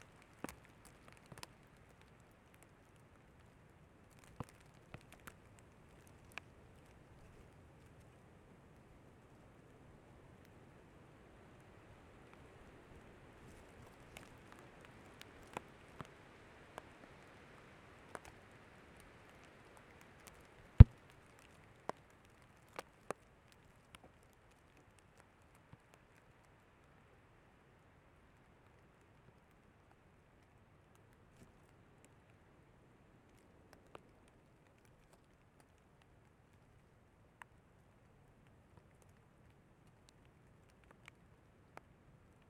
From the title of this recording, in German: Regen auf das Mikrophon ohne Windschutz